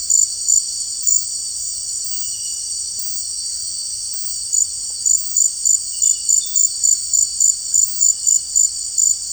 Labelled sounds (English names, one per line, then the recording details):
none
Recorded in secondary vegetation near Puerto Asís, Putumayo, Colombia, on 29 June 2025 at 18:30
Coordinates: 0.499, -76.323
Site G077